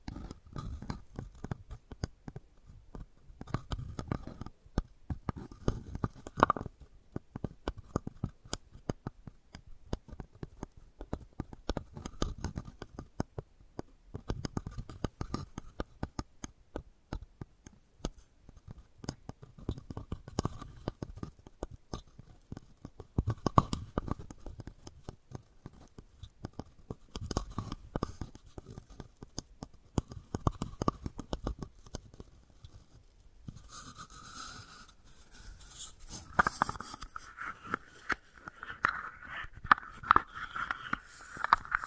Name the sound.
Wooden Ball Triggers